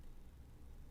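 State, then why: Not seated. Pin 2, a key pin in a Tesa TK100 10+1 interactive pin dimple lock cylinder, is binding and being worked toward the shear line during lock picking. Only a steady low rumble and faint broadband noise are heard, with no distinct transients. Nothing has set or clicked yet.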